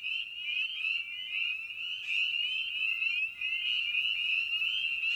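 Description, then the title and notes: Spring peeper chorus of piercing, upslurred whistled peeps, constantly overlapping, swelling and easing slightly in loudness, with occasional faint clicks. Evening at a frog pond. "Night of the Peepers. we return to the frog pond for a meditative evening. Spring Peeper (Pseudacris crucifer). Ian Carlsen"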